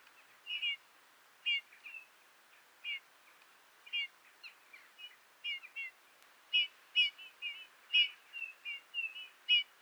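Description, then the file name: Eurasian bullfinch calls: short piping notes repeated irregularly, sometimes in quick pairs, over a steady background hiss. "Goudvink Pyrrhula pyrrhula"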